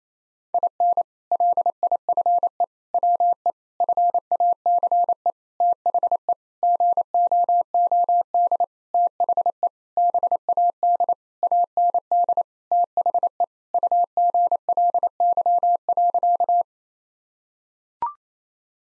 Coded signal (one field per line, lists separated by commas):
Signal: Morse code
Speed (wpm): 28 wpm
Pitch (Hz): 700 Hz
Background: none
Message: IN LIFE WE FACE THE GOOD THE BAD AND THE UGLY.